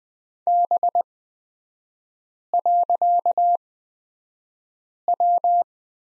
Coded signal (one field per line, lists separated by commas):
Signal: Morse code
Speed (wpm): 20 wpm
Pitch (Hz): 700 Hz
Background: none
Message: B.W